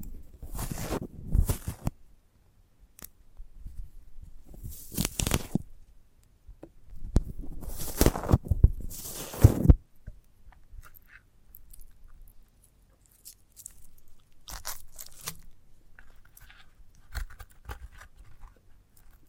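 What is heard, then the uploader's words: Someone handles a sprouted coconut for ASMR, making bursts of crisp, scraping crunches. The loudest bursts come near the start, around five seconds, and between seven and ten seconds. After that, quieter scattered taps and crackles follow, with short silences between them. ASMR of a Sprouted Coconut (No Talking).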